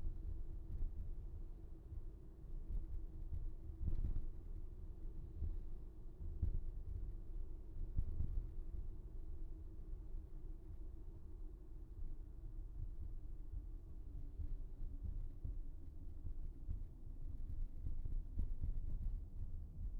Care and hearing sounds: everyday scene through a hearing-aid microphone; in a vehicle; engine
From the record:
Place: VW T5 Caravelle, diesel engine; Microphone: behind the ear, right, front

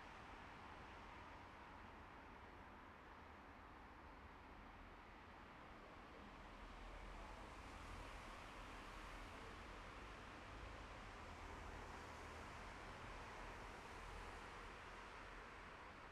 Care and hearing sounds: everyday scene through a hearing-aid microphone; in traffic; traffic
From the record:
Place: bus stop on a city main road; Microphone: behind the ear, left, front

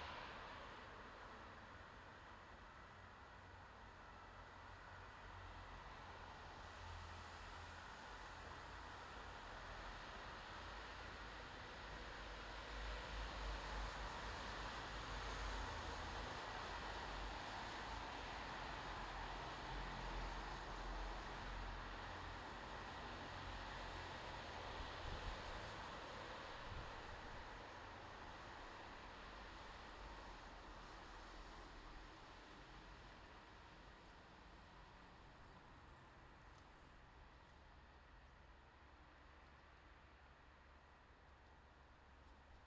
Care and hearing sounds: everyday scene through a hearing-aid microphone; in traffic; traffic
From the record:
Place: bus stop on a city main road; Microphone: in the ear canal, left

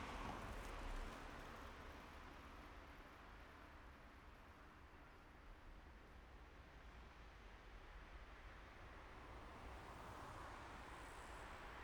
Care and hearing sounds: everyday scene through a hearing-aid microphone; in traffic; traffic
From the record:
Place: main road on the outskirts, rush hour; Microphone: behind the ear, right, front

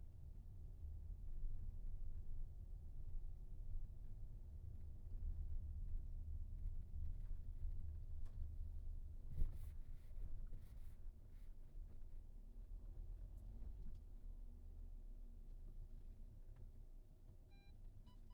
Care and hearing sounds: everyday scene through a hearing-aid microphone; in a vehicle; engine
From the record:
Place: VW T5 Caravelle, diesel engine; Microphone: behind the ear, right, rear

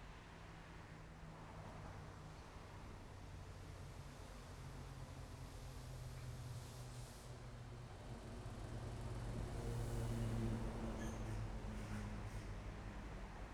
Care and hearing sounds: everyday scene through a hearing-aid microphone; in traffic; traffic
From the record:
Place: main road on the outskirts, rush hour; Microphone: behind the ear, left, front

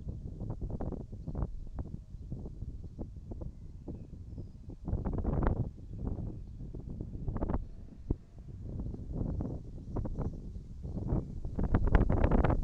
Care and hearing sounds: everyday scene through a hearing-aid microphone; wind on the microphone; wind, birds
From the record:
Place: in front of a rural house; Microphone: in the ear canal, right

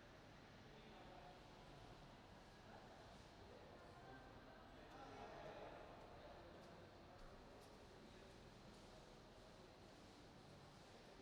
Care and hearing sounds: everyday scene through a hearing-aid microphone; reverberant space; background noise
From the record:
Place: railway station hall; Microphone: in the ear canal, right

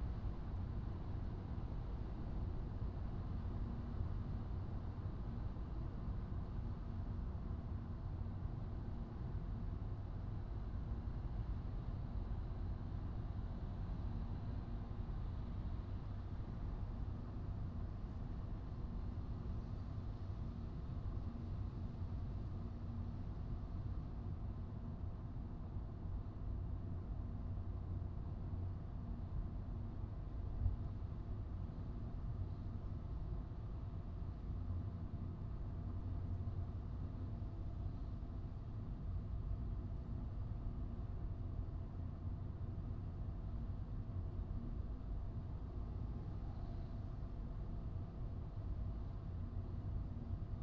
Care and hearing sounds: everyday scene through a hearing-aid microphone; in a vehicle; engine, highway driving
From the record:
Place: Skoda Fabia, gasoline engine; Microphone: in the ear canal, right

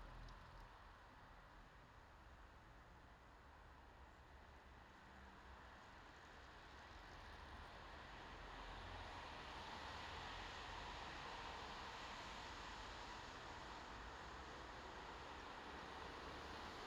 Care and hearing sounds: everyday scene through a hearing-aid microphone; in traffic; traffic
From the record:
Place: bus stop on a city main road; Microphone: in the ear canal, left

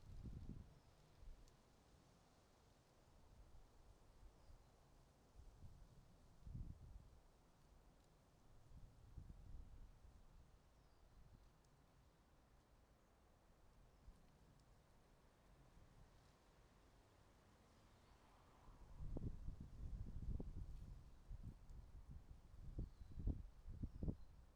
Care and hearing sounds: everyday scene through a hearing-aid microphone; wind on the microphone; wind, traffic, birds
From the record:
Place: suburban garden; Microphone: in the ear canal, right

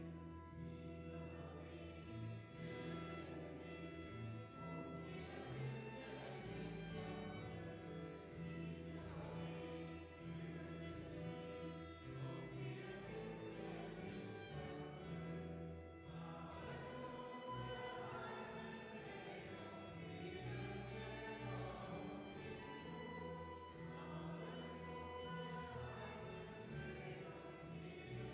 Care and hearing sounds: everyday scene through a hearing-aid microphone; reverberant space; music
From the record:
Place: church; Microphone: behind the ear, right, front

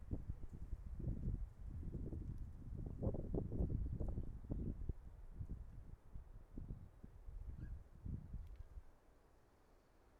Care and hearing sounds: everyday scene through a hearing-aid microphone; wind on the microphone; wind, traffic, birds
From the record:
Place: suburban garden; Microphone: behind the ear, right, front

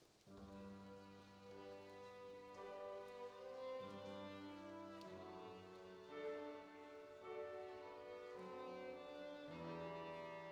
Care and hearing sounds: everyday scene through a hearing-aid microphone; reverberant space; music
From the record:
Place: church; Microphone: in the ear canal, right

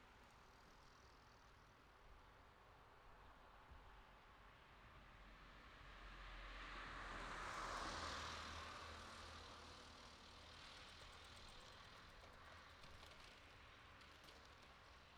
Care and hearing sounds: everyday scene through a hearing-aid microphone; in traffic; traffic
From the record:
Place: city secondary road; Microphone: in the ear canal, left

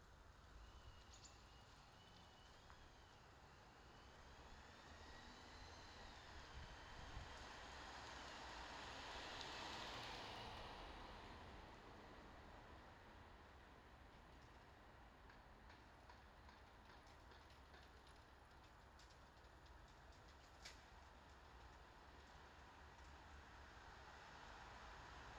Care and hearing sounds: everyday scene through a hearing-aid microphone; in traffic; traffic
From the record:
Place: bus stop on a city main road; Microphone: in the ear canal, left

